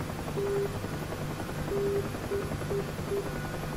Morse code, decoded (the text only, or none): none